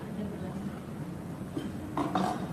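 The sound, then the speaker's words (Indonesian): A drinking glass gives two light, quick clinks as it is handled, ringing briefly over a low, steady background murmur. “Oh, ada gelasnya.”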